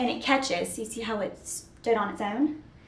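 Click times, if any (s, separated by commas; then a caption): none. A woman talks while handling a folded Uppababy Vista 2017 stroller in Loic, pulling a frame section in toward its lock. Only her voice is heard over faint handling. Nothing has seated or clicked yet; the clip ends just before the frame part snaps home.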